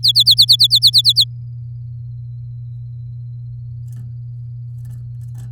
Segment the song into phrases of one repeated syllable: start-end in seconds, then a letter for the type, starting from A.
0.03-1.24 A